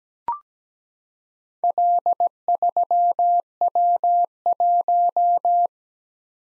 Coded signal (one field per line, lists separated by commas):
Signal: Morse code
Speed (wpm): 17 wpm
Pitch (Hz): 700 Hz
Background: none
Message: L3W1